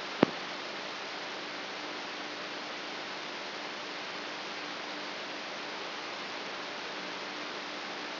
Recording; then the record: brain microelectrode recording played as sound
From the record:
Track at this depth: inside the subthalamic nucleus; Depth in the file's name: 6.016 mm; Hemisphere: left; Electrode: 3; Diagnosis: Parkinson's disease